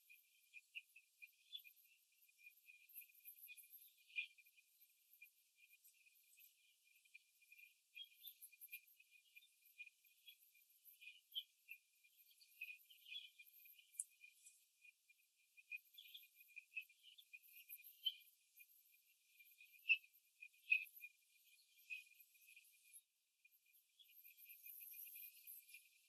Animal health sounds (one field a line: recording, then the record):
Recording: young laying hens in a cage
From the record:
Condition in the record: before the stressor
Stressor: simulated dog barking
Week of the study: 2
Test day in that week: 3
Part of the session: 3